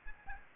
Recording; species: mosquito wingbeat signal from an infrared sensor; Aedes aegypti